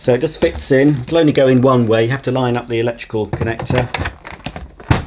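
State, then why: Seated. Someone talks while lining up the vacuum hose end and its electrical connector with the socket on a Sebo Felix vacuum cleaner body, which only fits one way. A few small handling knocks follow as the hose end is pushed in, and it clicks into place and seats at 4.9 s.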